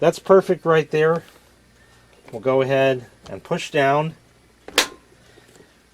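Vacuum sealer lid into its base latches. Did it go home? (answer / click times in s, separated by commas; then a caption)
yes / 4.7 s, 4.8 s. Someone talks while pushing down the lid of a Keenray vacuum sealer over a plastic bag into its base latches. Two latch clicks are heard at about 4.7 s and 4.8 s, the second much louder. The clicks show the lid is latched closed and the machine is ready to go.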